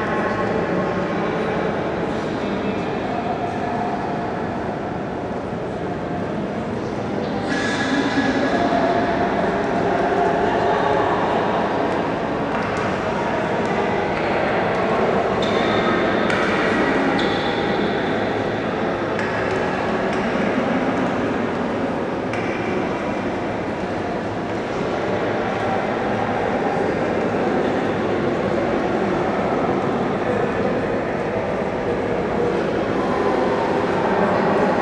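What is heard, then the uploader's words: A steady, dense wash of station noise fills a large echoing hall, with a low rumble and murmur of activity throughout. Around seven seconds a louder stretch begins, with brighter clatters and squeals from a train rolling through, continuing in bursts until the end. Echoey Train Station.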